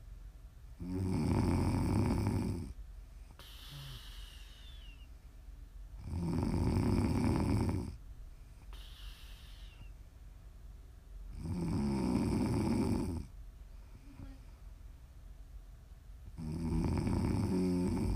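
Four loud, low, rattling snores come on inhalation about every five seconds, roughly 11–12 breaths a minute, with a softer breathy exhale between them, from an adult asleep. The rhythm stays steady throughout, the typical pattern of ordinary sleep snoring, offered as ASMR snoring for sleep and relaxation.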